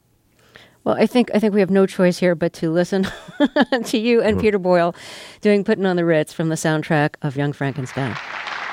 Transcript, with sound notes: Well, I think we have no choice here but to listen (laughter) to you and Peter Boyle doing "Puttin' On The Ritz" from the soundtrack of "Young Frankenstein."